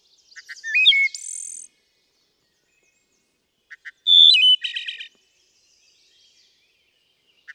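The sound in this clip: Wood thrush giving two flute-like song phrases several seconds apart, each opening with soft notes and ending in a silvery trill.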